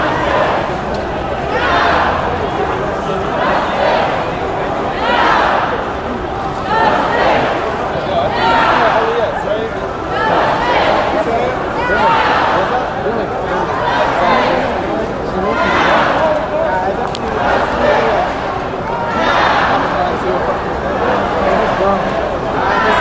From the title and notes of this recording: The Sound Of A Protest. Today's episode features a segment of audio recorded at a peaceful protest in New York City.